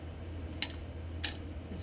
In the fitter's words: clicking okay